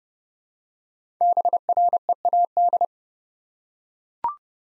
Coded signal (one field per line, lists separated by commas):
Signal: Morse code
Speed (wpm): 30 wpm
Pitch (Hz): 700 Hz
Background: none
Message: BREAD